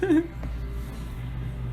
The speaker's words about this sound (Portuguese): Meu Deus, mano. Isso foi uma tosse.